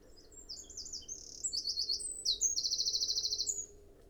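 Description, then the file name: Eurasian wren song, a vigorous stream of very high twittering notes ending in a rapid, even trill, over a soft low hum. "Troglodytes troglodytes"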